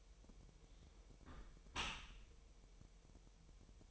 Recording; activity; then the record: daily activity, microphone in the room; close dishwasher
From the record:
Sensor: 1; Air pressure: 1000.6 hPa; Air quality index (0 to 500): 248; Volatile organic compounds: 146 ppm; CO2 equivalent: 4004 ppm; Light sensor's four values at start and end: 11/28/11/12 and 11/28/11/12